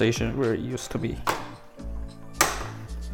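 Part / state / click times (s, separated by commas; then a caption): fan bracket into PC case / seated / 2.4 s. A fan bracket assembly in an Alienware Aurora R11/R12 desktop case is slid back into its original position and snaps home, with a sharp click at 2.4 s. Someone talks throughout, and music plays in the background. The bracket is seated in the case.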